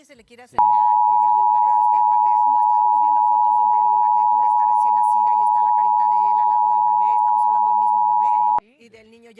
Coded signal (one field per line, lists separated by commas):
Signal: Emergency Alert System (SAME) tones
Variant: 853 and 960 Hz attention tone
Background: speech